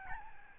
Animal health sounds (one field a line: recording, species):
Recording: mosquito wingbeat signal from an infrared sensor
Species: Aedes albopictus